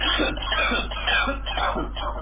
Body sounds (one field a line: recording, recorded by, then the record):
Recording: voluntary cough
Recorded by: telephone call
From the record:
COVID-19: positive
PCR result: checked with the laboratory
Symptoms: no